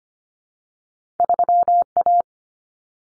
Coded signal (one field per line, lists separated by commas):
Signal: Morse code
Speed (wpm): 25 wpm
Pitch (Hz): 700 Hz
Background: none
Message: 3A